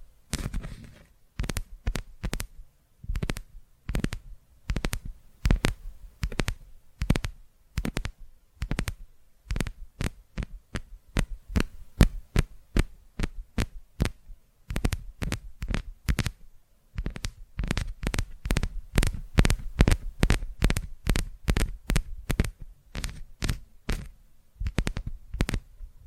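ASMR tapping: quick, sharp taps with a deep, thumping low end, coming in uneven bursts and rapid runs. The pace speeds up and slows down throughout, with a short pause around seventeen seconds before the tapping resumes more densely.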